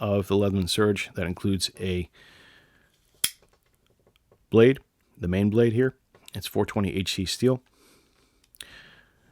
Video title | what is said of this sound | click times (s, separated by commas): Leatherman Surge - Heavy Duty Multitool | and it's got liner locks so you can see that as it locks in you can hear the AUD click which is nice | 8.5 s, 8.6 s